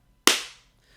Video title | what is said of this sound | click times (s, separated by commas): Stargate Universe Complete Series Blu Ray Review /Comparison / Stargate Atlantis Blu Ray Mini Review | so it's got a nice hefty snap to these | 0.3 s